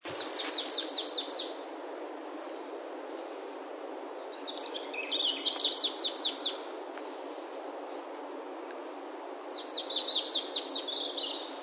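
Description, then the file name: Marsh tit calls in three bursts of rapid, high notes, each run of about eight notes lasting a second or so, with quieter high notes between bursts. "Poecile palustris"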